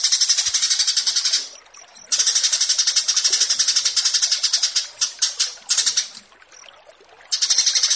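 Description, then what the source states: Horsfield's bush lark song, bursts of fast, high chattering notes separated by several short gaps and one longer silence before the chatter returns. Branjangan song paired with 'burger' as a tutor recording for kept songbirds.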